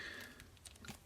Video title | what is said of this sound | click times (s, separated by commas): Hot Toys Venom Review & Posing Showcase | that creates some space in here you hear it click | 0.7 s